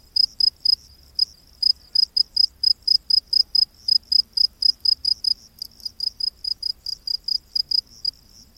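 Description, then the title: Cricket chirping, short bright high-pitched pulses repeated several times a second in a steady run. Crickets in a rainforest at night. "Crickets of the Rainforest 🌿. Exotic Insect Orchestra"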